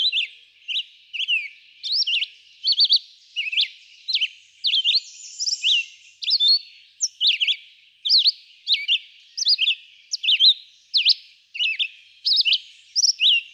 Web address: songs Red-eyed Vireo